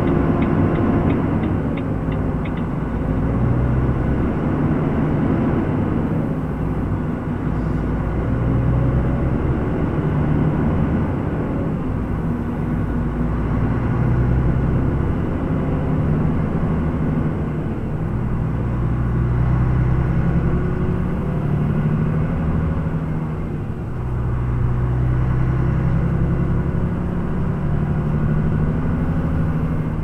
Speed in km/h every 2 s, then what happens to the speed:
7, 8, 8, 9, 12, 11, 13, 15, 15, 17, 19, 20, 21, 24, 26.
0-30 speeds up to 26.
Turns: none.